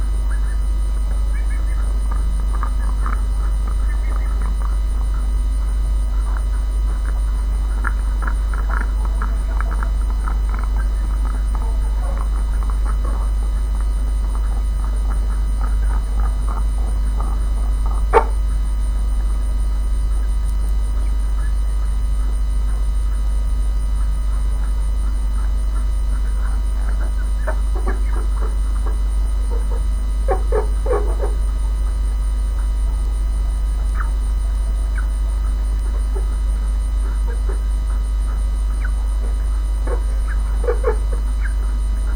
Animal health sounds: poultry house recording; sick chickens (respiratory disease)

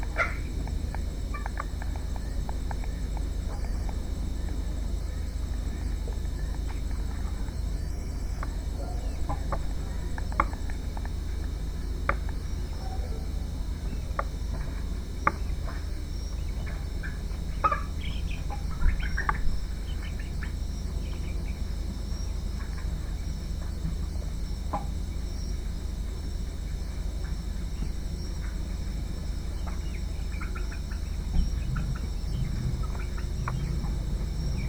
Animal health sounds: poultry house recording; healthy chickens

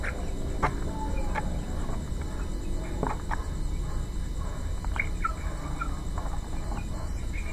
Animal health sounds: poultry house recording; healthy chickens

